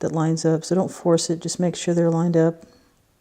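An LG 5G phone's logic board is being lined up with the small tabs in the midframe, ready to be pressed down until it snaps into place. Someone talks for about 2.6 seconds, followed by near silence. Nothing has seated or clicked yet.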